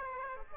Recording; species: mosquito wingbeat signal from an infrared sensor; Aedes aegypti